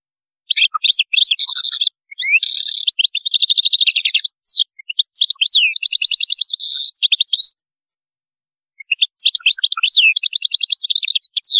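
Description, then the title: European goldfinch song: loud, sustained twittering with fast buzzy trills, tinkling notes and slurred phrases, broken by a short silence before resuming. "Chant Chardonneret"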